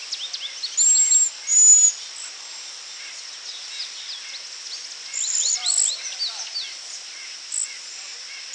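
Cedar waxwing high, thin lisping seee calls, two drawn-out notes early and more later, amid soft chips and a constant high hiss.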